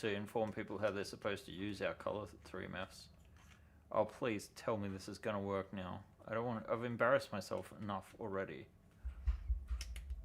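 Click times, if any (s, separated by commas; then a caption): 9.8 s. Someone talks, then a printed part is pushed into its mating printed part, hoping the fit will work this time. A short sharp click at 9.8 s shows the printed part has seated home.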